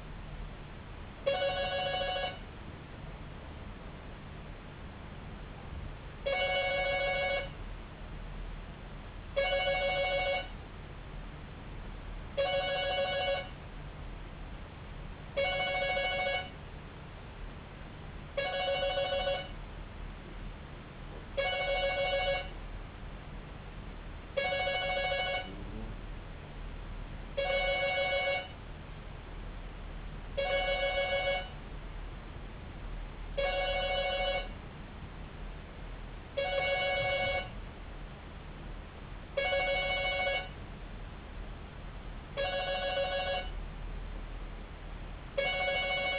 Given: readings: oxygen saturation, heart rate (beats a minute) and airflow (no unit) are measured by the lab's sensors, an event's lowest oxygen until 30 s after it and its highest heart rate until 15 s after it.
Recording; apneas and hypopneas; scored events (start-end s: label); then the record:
a person awake in a sleep study, by a voice recorder at the bedside; none
0.00-46.18 s: awake
From the record:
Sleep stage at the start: awake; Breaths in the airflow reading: 23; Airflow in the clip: -0.6 to 0.6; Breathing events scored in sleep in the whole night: 270 in 6.1 hours asleep